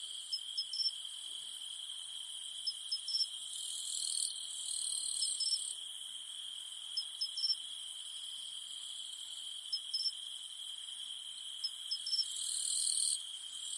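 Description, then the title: Cicada chorus: a continuous shrill drone with short paired chirps repeating in bursts, and the upper hiss swelling and fading a few times. In the mountains at night. "In the mountains at night, only the humming of cicadas remains"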